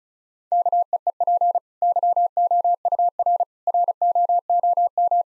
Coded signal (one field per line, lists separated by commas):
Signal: Morse code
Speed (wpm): 34 wpm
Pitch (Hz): 700 Hz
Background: none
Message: KEEP YOUR ROOM